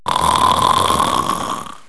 Loud snore.